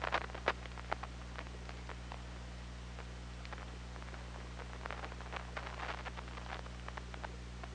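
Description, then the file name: Killer whale clicks, a dense rapid train of crisp ticks with a busier flurry near the end, steady low hum underneath. Recorded on the OrcaLab hydrophone on 24 August 2017, around 23:08. "Orca Lab UTLN JASON 20170824 230817"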